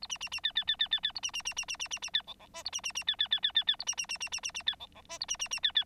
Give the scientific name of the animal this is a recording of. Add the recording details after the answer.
Lonchura striata domestica. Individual Bird9